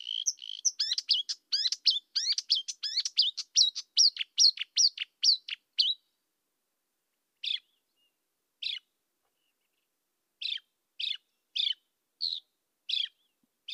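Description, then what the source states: Marsh warbler song: a rapid chattering phrase of repeated chirps for about six seconds, then pauses and isolated sharp notes at irregular intervals. Nominate subspecies Acrocephalus palustris palustris.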